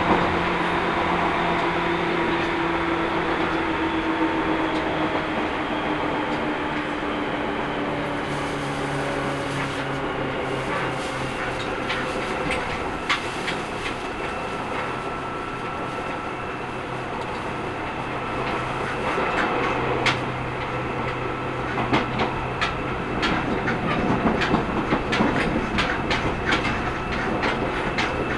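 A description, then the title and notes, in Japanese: A Seibu Railway train ride recorded from on board: a steady, dense rumble of the running train fills the whole clip. Low tones slowly glide and shift as it moves, and sharp clicks and rattles from the wheels and car cluster between about 13 and 28 seconds. 耳で楽しむ鉄道旅 西武鉄道 本川越→東村山→小川→萩山→青梅街道。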